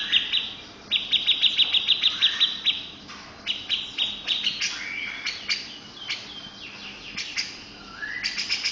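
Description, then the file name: Grey-cheeked bulbul song: rapid high chattering trills broken by sharp buzzy notes and short rising whistles, phrases pausing briefly and restarting several times. "cucak jenggot om firly"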